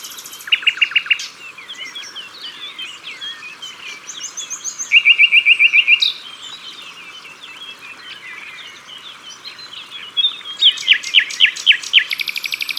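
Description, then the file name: Common nightingale song: short rattles, a loud steady burst of repeated notes midway and a final run of piercing repeated notes, over other birds' chatter. Sung at the water's edge. "Rossignol philomele Au bord de leau"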